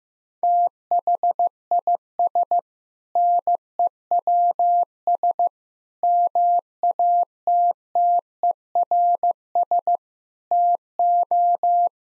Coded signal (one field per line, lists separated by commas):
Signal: Morse code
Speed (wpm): 15 wpm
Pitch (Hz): 700 Hz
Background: none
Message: THIS NEWS MATTERS TO